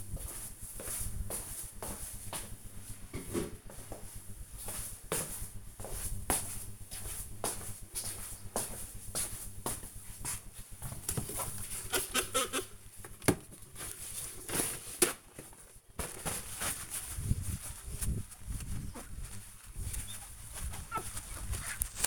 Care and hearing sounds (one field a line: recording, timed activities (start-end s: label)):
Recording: household activities, microphone on the right wrist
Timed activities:
9.46-22.07 s: window cleaning